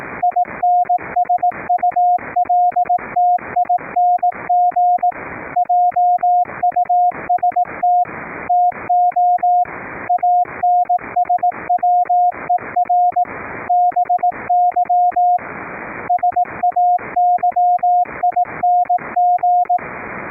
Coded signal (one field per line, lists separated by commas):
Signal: Morse code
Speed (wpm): 18 wpm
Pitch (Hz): 710 Hz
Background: radio noise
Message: INSULTING JUST TO ANSWER BY SAYING